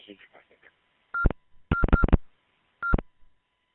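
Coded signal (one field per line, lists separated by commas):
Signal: none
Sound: repeater courtesy beeps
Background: speech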